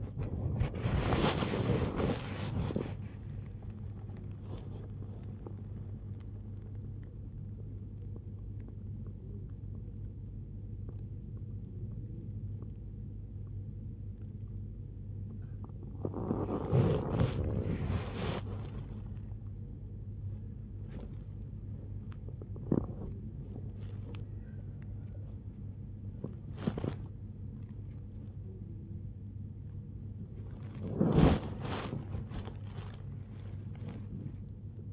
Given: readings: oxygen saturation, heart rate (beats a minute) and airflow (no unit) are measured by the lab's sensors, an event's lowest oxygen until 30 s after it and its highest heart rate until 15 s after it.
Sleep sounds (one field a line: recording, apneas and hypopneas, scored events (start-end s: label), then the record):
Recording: breathing in sleep by a smartphone at the bedside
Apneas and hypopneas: 1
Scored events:
11.00-30.90 s: hypopnea (N1, oxygen 96% highest, then 90% lowest, heart rate 73 at the start, 98 highest)
From the record:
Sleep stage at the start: N1 (lightest sleep)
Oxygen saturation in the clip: 93 to 96%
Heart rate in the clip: 73 to 102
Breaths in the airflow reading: 16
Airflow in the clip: -0.7 to 1.0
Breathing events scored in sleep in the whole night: 103 in 8.4 hours asleep